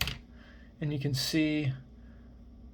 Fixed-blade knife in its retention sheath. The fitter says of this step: kind of pops out